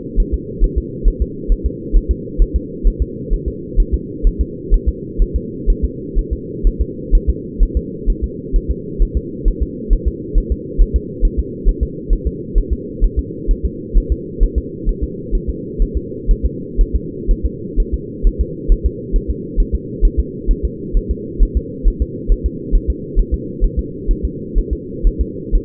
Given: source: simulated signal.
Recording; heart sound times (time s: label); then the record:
fetal heart sounds
0.20 s: S1
0.34 s: S2
0.64 s: S1
0.78 s: S2
1.08 s: S1
1.22 s: S2
1.52 s: S1
1.66 s: S2
1.97 s: S1
2.11 s: S2
2.42 s: S1
2.56 s: S2
2.87 s: S1
3.02 s: S2
3.33 s: S1
3.48 s: S2
3.80 s: S1
3.94 s: S2
4.27 s: S1
4.41 s: S2
4.74 s: S1
4.88 s: S2
5.22 s: S1
5.36 s: S2
5.70 s: S1
5.84 s: S2
6.19 s: S1
6.33 s: S2
6.67 s: S1
6.81 s: S2
7.15 s: S1
7.30 s: S2
7.63 s: S1
7.77 s: S2
8.10 s: S1
8.24 s: S2
8.56 s: S1
8.71 s: S2
9.02 s: S1
9.17 s: S2
9.48 s: S1
9.62 s: S2
9.93 s: S1
10.08 s: S2
10.38 s: S1
10.52 s: S2
10.81 s: S1
10.96 s: S2
11.25 s: S1
11.39 s: S2
11.69 s: S1
11.83 s: S2
12.13 s: S1
12.27 s: S2
12.58 s: S1
12.73 s: S2
13.04 s: S1
13.19 s: S2
13.51 s: S1
13.66 s: S2
13.97 s: S1
14.12 s: S2
14.43 s: S1
14.58 s: S2
14.89 s: S1
15.03 s: S2
15.35 s: S1
15.50 s: S2
15.82 s: S1
15.97 s: S2
16.31 s: S1
16.46 s: S2
16.81 s: S1
16.96 s: S2
17.31 s: S1
17.46 s: S2
17.80 s: S1
17.94 s: S2
18.27 s: S1
18.41 s: S2
18.72 s: S1
18.86 s: S2
19.16 s: S1
19.31 s: S2
19.60 s: S1
19.75 s: S2
20.05 s: S1
20.19 s: S2
20.51 s: S1
20.65 s: S2
20.97 s: S1
21.11 s: S2
21.43 s: S1
21.57 s: S2
21.88 s: S1
22.02 s: S2
22.32 s: S1
22.46 s: S2
22.75 s: S1
22.90 s: S2
23.19 s: S1
23.34 s: S2
23.64 s: S1
23.79 s: S2
24.11 s: S1
24.25 s: S2
24.58 s: S1
24.73 s: S2
25.07 s: S1
25.21 s: S2
25.55 s: S1
From the record:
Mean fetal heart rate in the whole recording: 130 bpm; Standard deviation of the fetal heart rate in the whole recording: 4 bpm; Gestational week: 38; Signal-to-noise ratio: -4.1 dB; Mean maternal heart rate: no maternal heart sound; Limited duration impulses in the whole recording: absent